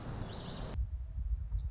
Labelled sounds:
Lazuli Bunting (Passerina amoena)

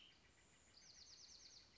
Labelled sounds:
Bewick's Wren (Thryomanes bewickii)

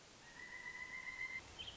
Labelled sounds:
Pileated Woodpecker (Dryocopus pileatus)

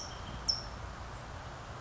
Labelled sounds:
California Towhee (Melozone crissalis)

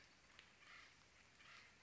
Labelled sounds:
Acorn Woodpecker (Melanerpes formicivorus)

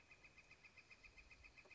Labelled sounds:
Northern Flicker (Colaptes auratus)

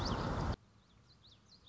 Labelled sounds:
Common Yellowthroat (Geothlypis trichas)

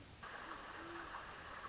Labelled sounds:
Great Horned Owl (Bubo virginianus)

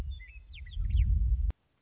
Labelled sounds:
Western Meadowlark (Sturnella neglecta)

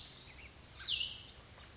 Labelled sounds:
Brown Creeper (Certhia americana)

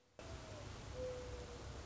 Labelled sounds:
Mourning Dove (Zenaida macroura)

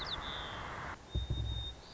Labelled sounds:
White-crowned Sparrow (Zonotrichia leucophrys)

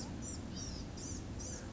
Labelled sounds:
Blue-gray Gnatcatcher (Polioptila caerulea)

